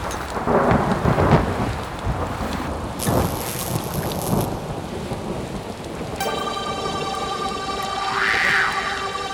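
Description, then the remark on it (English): Heavy rain hisses steadily while low thunder rumbles roll through. Partway in, sustained tonal hums and a rising, falling wail join the downpour, with no one speaking. “Pouring rain, thunder and lightning, clash of the titans.”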